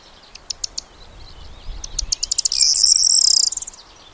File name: cornbunting